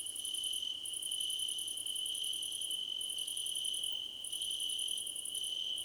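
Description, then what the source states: Crickets in chorus, with an unbroken shrill trill beneath rapid, very high pulsed bursts separated by short pauses. Several crickets chirping together, described as a choir competition.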